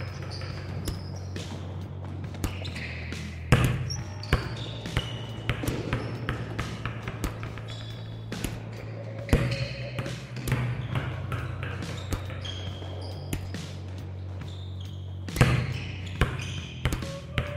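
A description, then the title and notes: Shoes squeak and thud on a gym floor, with frequent sharp clicks and taps scattered throughout. A steady low hum runs underneath the whole time, and louder impacts stand out near 3.5 and 15.5 seconds. Faint voices come through now and then. Volleyball spikes + bounce. Shoes on gym floor.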